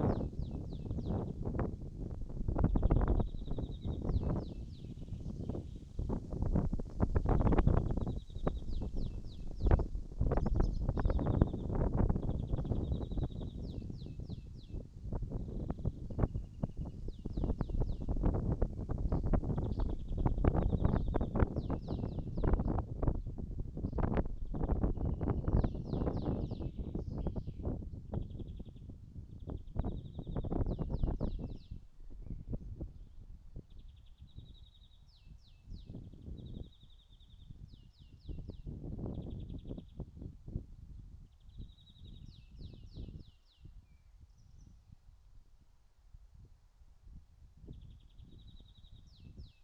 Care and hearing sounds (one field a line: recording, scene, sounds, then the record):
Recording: everyday scene through a hearing-aid microphone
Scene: wind on the microphone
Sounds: wind, birds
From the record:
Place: in front of a rural house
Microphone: in the ear canal, right